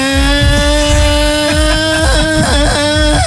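A scooter engine runs loudly and steadily, its buzzing whine held at a constant pitch over rhythmic low chugging pulses, with a few brief wavers in tone toward the end.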